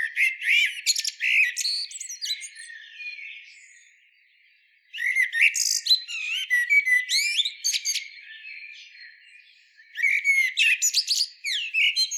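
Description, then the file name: Common blackbird singing dense, jumbled bursts of high squeaky twitters and whistles, with brief pauses between bursts. "Turdus merula"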